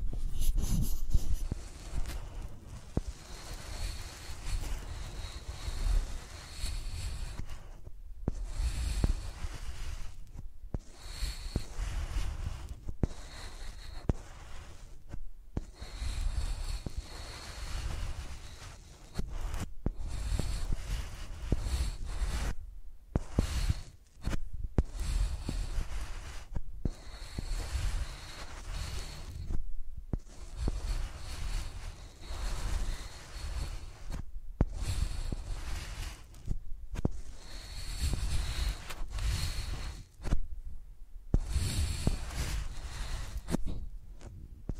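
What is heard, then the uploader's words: Microphones rubbed and dragged like pencils make a dense, rumbling scrape with heavy low thumps, cut by abrupt brief silences every few seconds. Using Mics as Pencils (No Talking).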